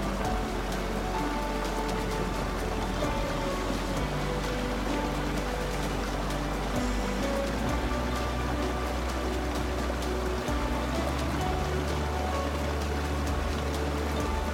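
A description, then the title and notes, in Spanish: A waterfall pours in a steady, dense rush that fills the whole clip without letup, full from deep rumble to bright hiss. Soft music drifts underneath, held notes changing slowly, with a low sustained tone at the bottom throughout. Sumérgete en los sonidos pacíficos de una cascada, acompañados de una música suave para dormir diseñada para favorecer un sueño reparador.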